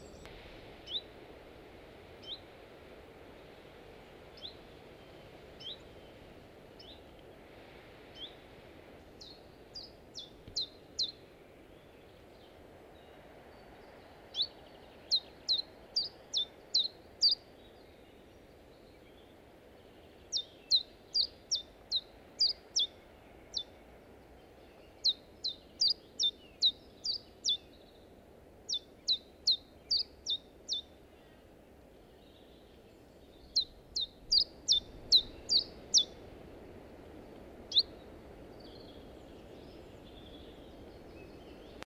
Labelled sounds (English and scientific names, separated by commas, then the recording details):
Common Chiffchaff (Phylloscopus collybita)
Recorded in the wild
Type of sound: call, song
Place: Remscheid, Nordrhein-Westfalen, DE
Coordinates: 51.16, 7.15
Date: 1995-03-25
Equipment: Sony WM-D6C
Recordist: Skiba, Reinald
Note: Grüne